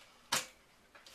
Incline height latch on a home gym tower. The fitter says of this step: there and here's there's like a little handle back here and you just lift it up and it kind of clicks